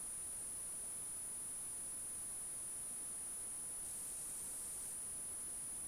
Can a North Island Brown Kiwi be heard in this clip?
no